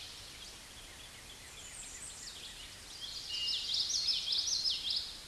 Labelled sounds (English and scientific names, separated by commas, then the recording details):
Common Yellowthroat (Geothlypis trichas) song
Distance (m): 15 m
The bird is about 5 m above the microphone
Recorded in a Pennsylvania forest on 16 May 2024 at 08:01
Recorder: AudioMoth, point MSD-1418
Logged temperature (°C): 16.4 °C
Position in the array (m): 226 m, 181 m